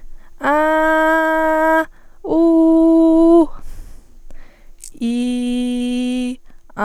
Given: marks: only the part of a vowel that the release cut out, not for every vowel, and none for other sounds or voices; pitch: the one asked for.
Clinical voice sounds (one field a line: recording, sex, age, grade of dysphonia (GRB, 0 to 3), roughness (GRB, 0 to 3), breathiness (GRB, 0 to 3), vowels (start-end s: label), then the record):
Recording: sustained vowels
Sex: female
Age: 20 to 29 years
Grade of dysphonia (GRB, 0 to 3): 0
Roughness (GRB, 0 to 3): 0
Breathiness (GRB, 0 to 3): 0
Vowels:
0.59-1.69 s: vowel /a/, high pitch
2.38-3.30 s: vowel /u/, high pitch
5.16-6.21 s: vowel /i/, low pitch
From the record:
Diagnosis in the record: healthy voice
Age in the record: 22 years